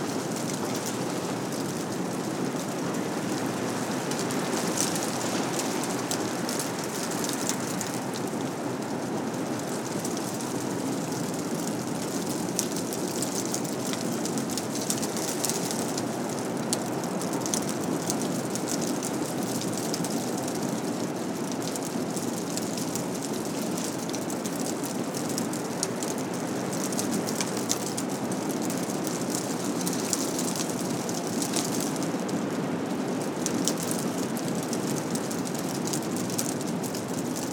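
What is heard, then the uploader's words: Icy rain sprinkles and crackles without pause, a dense, even hiss with brighter ticks flickering throughout over a low, steady rumble of wind. Frozen February Storm. The icy rain sprinkles and crackles outside with the bitter wind.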